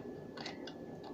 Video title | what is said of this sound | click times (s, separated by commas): DEMO/PRODUCT REVIEW: NUTRISLICER, WORKED FOR ME!!! | Click. That went in a lot more secure this time. | 0.7 s